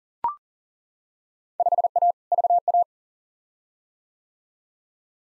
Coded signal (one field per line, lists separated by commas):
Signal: Morse code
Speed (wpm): 40 wpm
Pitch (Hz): 700 Hz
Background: none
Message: 5A VA